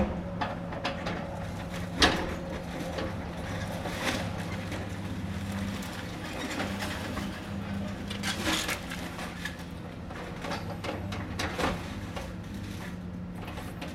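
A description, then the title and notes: A large excavator demolishes a small old house. A low engine drone holds steady throughout, and over it come frequent sharp knocks, scrapes and crunches, with louder bursts around two, eight and eleven seconds. Creaking and grinding of debris fills the gaps. The tiny old house immediately to our North was demolished by a large excavator.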